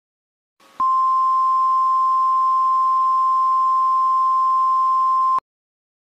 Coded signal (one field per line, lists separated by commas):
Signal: Emergency Alert System (SAME) tones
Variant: 1050 Hz attention tone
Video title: Rating Eas Alarm #2